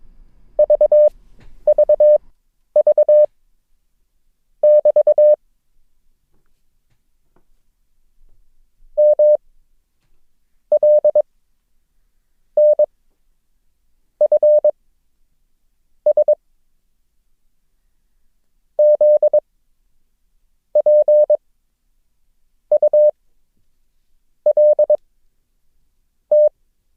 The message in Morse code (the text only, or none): VVV<BT> MLNFS ZPULT